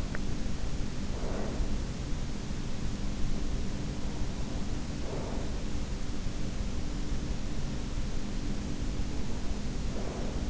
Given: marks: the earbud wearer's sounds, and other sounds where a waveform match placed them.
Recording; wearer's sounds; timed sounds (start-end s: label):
sounds in sleep by an in-ear microphone; breath
0.00-6.56 s: breath
8.87-10.50 s: breath